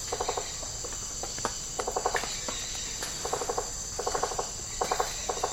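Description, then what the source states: Rainforest insects chorus: a high continuous drone overlaid by several bursts of rapid ticking, each a quick run of pulses, repeating at irregular intervals. Tropical rainforest habitat.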